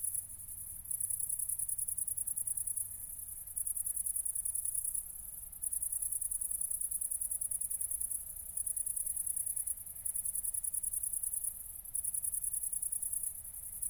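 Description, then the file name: High, buzzy cricket trills repeat in bursts with short silences between, against a faint steady low hum. Crickets recorded at night at Nordring, Kirchmöser, Brandenburg, Germany, 4 August 2014, 00:53. "City Country Me Brandenburg Kirchmoeser Nordring Grillen 201408040053 OLBIN"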